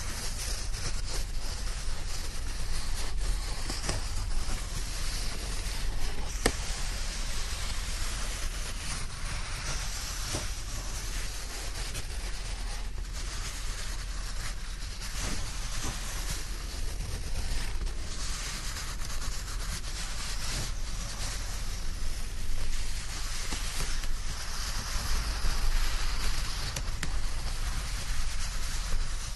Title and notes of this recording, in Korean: 스르륵 이불 소리. 잘 말린 이불 속에서 사각사각.